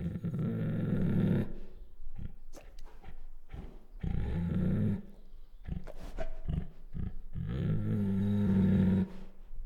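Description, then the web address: Bengal tiger producing three long rough growls separated by brief breathy puffs and chuffs. Female Bengal tiger; chuffs, growls and whines. "Sound Ideas Tigers Sound Effects Female Bengal Tiger Chuffs, Growls and Whines"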